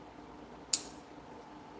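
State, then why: Seated. A small spring guard, an add-on piece that stops the exhaust spring cutting into the manifold, is worked onto a nitro buggy's exhaust manifold after it would not seat at first. Over a quiet background, a single sharp, bright click sounds at 0.7 s as the guard seats into place, then fades quickly.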